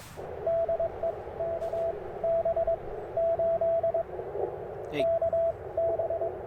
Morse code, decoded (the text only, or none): DE KB 8 KB